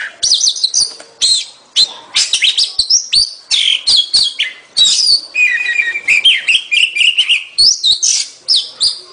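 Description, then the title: Bird song packed with rapid high chirps, buzzy notes and sliding whistles, delivered in energetic bursts with only brief pauses. Training recording used to teach other birds. "Masteran Burung"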